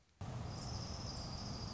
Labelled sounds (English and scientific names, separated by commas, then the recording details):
Orange-crowned Warbler (Leiothlypis celata)
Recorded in Sonoma County, California